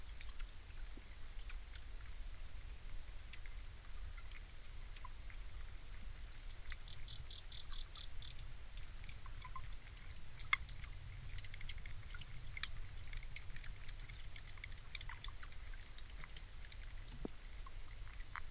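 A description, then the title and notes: Underwater in the Marais de Jette, a steady low rumble carries scattered clicks, ticks and brief chirping bursts throughout, with one sharp pop near ten seconds. An underwater recording in the Marais de Jette.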